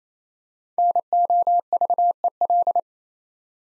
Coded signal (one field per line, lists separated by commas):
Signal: Morse code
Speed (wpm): 27 wpm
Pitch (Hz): 700 Hz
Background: none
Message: NOVEL